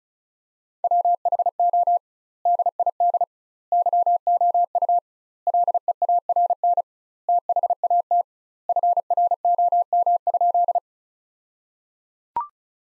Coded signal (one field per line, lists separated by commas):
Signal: Morse code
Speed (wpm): 36 wpm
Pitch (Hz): 700 Hz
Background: none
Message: WHO DID YOU LEARN THAT FROM?